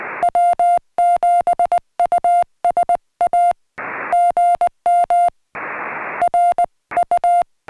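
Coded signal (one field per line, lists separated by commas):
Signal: Morse code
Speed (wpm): 19 wpm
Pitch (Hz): 700 Hz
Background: music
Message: W7USA GM R U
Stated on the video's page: CW contacts made during a Summits on the Air activation on a volcanic cinder cone summit.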